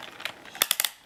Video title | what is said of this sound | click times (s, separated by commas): Dyson Light Ball (UK model) upright vacuum cleaner - 2 month review. | turn that until it clicks basically | 0.6 s, 0.7 s, 0.8 s